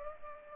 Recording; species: mosquito wingbeat signal from an infrared sensor; Culex pipiens